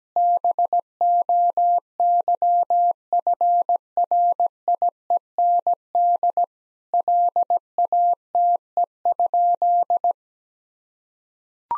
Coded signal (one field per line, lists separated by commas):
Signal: Morse code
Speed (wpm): 17 wpm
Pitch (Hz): 700 Hz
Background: none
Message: BOYFRIEND LATE?